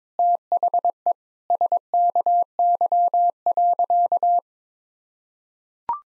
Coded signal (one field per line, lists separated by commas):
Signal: Morse code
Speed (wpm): 22 wpm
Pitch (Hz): 700 Hz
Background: none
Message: THE SKY.